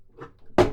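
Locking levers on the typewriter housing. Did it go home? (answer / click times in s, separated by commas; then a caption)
yes / 0.6 s. The locking levers on the housing of a Torpedo (Blue Bird) Dynacord S Office typewriter are moved back into their locked position to hold the refitted housing section. After faint handling noise, one sharp click sounds at 0.6 s, and the section is locked in place.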